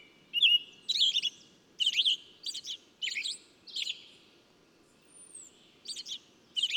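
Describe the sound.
Bird song: short bursts of bright chirping notes separated by brief pauses. A thin high whistle rises and falls near the five-second mark over a faint low background hum.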